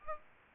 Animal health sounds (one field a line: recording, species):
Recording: mosquito wingbeat signal from an infrared sensor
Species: Aedes aegypti